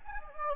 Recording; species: mosquito wingbeat signal from an infrared sensor; Anopheles gambiae